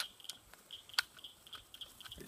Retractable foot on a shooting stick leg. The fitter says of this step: uh the feet retractably just let them out they just pop into place